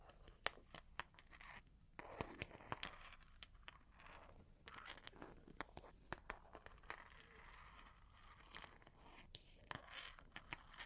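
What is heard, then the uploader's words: Long claws tap and scratch in an uneven run of sharp clicks, with scraping strokes between them. The taps come every half second or so, bunched around the two-second mark and again near ten seconds, over a faint rustling background. Long Claws Tapping and Scratching (No Talking).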